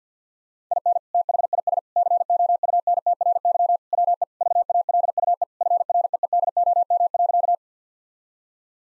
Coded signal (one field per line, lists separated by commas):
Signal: Morse code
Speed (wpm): 50 wpm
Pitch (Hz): 700 Hz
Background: none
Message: IN THIS COUNTRY WE VALUE FREEDOM.